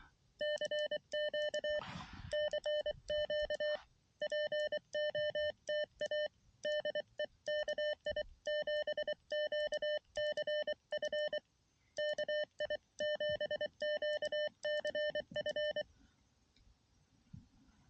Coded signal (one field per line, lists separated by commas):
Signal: Morse code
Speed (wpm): 23 wpm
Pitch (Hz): 600 Hz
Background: none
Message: CQ CQ POTA DE KI7QCF KI7QCF